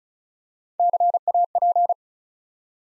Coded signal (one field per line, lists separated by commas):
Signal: Morse code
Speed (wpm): 36 wpm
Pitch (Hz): 700 Hz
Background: none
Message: CAP